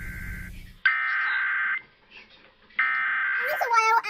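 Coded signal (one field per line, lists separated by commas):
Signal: Emergency Alert System (SAME) tones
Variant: header bursts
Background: speech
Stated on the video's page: Required Weekly Test sounded by weather radios.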